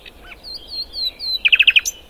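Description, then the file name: Common nightingale song phrase: a few soft opening notes, a series of high whistles, then a rapid run of loud notes ending in a higher note. "Luscinia megarhynchos"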